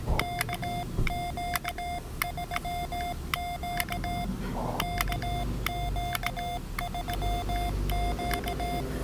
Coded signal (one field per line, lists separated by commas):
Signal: Morse code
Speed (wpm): 18 wpm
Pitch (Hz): 700 Hz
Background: none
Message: KQ3Q KQ3Q